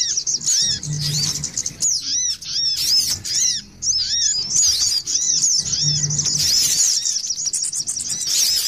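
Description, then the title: Little spiderhunter song: sustained high, rapid trill mixed with repeated arched whistles, pausing briefly now and then; a low humming tone is heard twice. Masteran (tutoring) recording used for training songbirds. "Masteran Burung Sogok Ontong Labaik"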